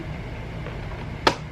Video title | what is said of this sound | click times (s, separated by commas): A Cozy Stay At Home Vlog - An Exciting Amazon Package!! | it just like clicks back in place | 1.3 s